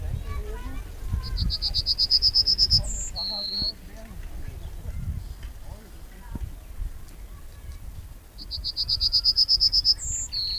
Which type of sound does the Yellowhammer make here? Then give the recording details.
song. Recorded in the wild. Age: adult. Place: Lübars (Fließtal), Berlin, DE. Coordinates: 52.6167, 13.35. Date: 2001-05-01 13:02. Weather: sonnig, 23°C, windig. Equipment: Nagra SN, Kopie Uher 4000 Report Monitor. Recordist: Tembrock, Günter